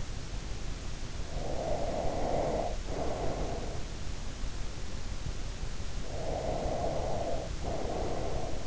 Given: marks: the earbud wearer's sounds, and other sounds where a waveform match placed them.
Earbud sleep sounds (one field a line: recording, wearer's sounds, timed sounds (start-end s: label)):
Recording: sounds in sleep by an in-ear microphone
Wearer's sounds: breath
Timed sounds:
1.08-3.90 s: breath
6.06-8.67 s: breath